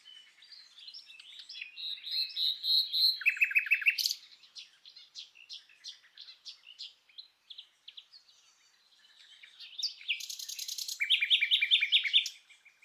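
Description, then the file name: Common nightingale song: rich phrases of rapid repeated notes, a loud buzzy trill near four seconds, a quieter varied middle passage, then a second loud rattling burst building towards the end. "Luscinia megarhynchos"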